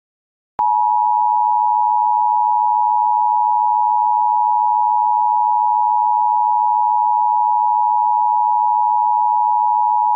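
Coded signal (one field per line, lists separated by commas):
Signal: Emergency Alert System (SAME) tones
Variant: 853 and 960 Hz attention tone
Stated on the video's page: Fictional EAS scenario, a simulated malfunction.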